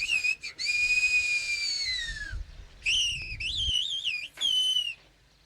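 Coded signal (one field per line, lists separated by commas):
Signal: whistled language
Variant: Aas whistled Occitan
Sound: a loud, clear whistle gliding and warbling in about four phrases, like a call across distance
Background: low wind rumble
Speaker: as when margarite whistles to Jano to ask when her husband's coming home for dinner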